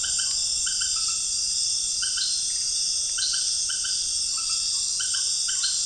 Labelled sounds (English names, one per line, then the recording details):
none
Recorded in pastures near Puerto Asís, Putumayo, Colombia, on 25 June 2025 at 18:30
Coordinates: 0.466, -76.322
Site GP07